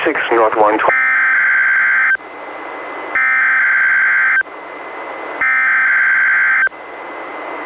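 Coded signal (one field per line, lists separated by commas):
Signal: Emergency Alert System (SAME) tones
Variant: header bursts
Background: speech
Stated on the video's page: NOAA Weather Radio required weekly test relayed by Astoria station, recorded from a Reecom R-1630 weather radio through a Zoom H1 recorder.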